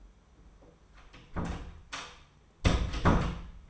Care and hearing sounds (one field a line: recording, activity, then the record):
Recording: daily activity, microphone in the room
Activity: close door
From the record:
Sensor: 1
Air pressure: 1015.2 hPa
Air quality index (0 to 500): 184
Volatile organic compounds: 17 ppm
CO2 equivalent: 2565 ppm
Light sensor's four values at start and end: 14/33/14/15 and 14/33/14/15